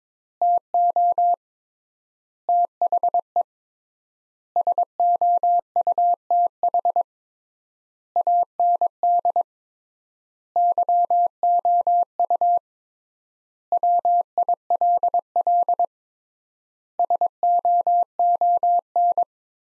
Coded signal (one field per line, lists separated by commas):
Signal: Morse code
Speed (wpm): 22 wpm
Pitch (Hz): 700 Hz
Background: none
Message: TO THE SOUTH AND YOU WILL SOON